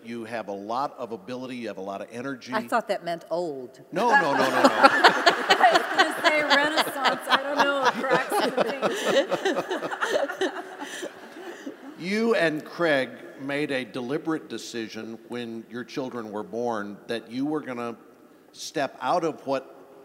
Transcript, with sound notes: You have a lot of ability. You have a lot of energy.
I thought that meant old.
No, no, no, no, no. (laughter) You and Craig made a deliberate decision when your children were born that you were going to step out of what